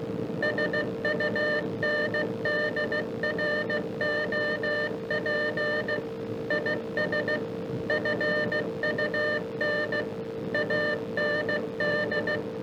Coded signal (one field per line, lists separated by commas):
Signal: Morse code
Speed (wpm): 16 wpm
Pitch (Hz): 1800 Hz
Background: none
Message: SUNDROP IS FUN AND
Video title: Ham Radio & More - April 28, 1991 - AZ Arc